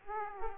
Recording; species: mosquito wingbeat signal from an infrared sensor; Aedes aegypti